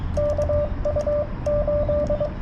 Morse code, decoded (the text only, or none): KU8